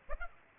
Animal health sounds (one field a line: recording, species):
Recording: mosquito wingbeat signal from an infrared sensor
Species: Aedes aegypti